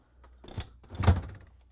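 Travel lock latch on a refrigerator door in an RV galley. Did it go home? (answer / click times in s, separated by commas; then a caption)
yes / 0.6 s. The door of a Samsung household refrigerator in the galley of a 2003 American Eagle 42E motorhome is closed, and its heavy-duty travel lock catches with a thunk at 0.6 s. A broader, louder thump follows around 1.0–1.1 s. The door is locked into place on its own, with no extra action needed.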